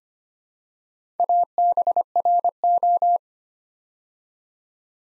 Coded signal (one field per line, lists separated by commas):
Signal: Morse code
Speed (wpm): 25 wpm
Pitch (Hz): 700 Hz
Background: none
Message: ABRO